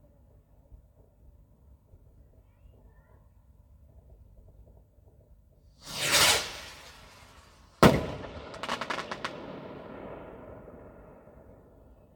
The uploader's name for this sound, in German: Silvesternacht: Feuerwerk und Freude